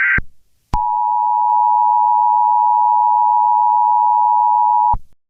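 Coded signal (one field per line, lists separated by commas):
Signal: Emergency Alert System (SAME) tones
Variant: 853 and 960 Hz attention tone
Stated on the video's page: Meme EAS tornado scenario, not real.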